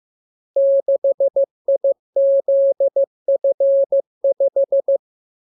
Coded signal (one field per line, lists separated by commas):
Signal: Morse code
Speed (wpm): 15 wpm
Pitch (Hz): 550 Hz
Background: none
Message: 6IZF5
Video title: Learning Morse Code. Lesson 38. Letter KMURESNAPTLWI.JZ=FOY,VG5/Q92H38B?47C1D6